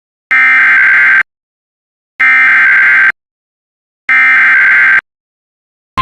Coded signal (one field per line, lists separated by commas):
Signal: Emergency Alert System (SAME) tones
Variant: header bursts